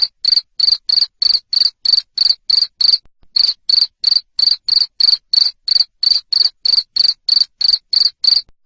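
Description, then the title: Cricket chirping loudly in short, high, even pulses, about three per second, with one brief pause near the three-second mark. Loud 'ngerik' cricket sound played to stimulate lovebirds to keep singing ('ngekek'). "Suara JANGKRIK NGERIK Keras Bikin LOVEBIRD Jadi NGEKEK Terus Vubey"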